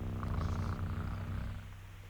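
A sleeping man snoring dreadfully: one long, low, rumbling breath with a throaty vibrating rasp, steady for about a second and a half before trailing off. No one speaks.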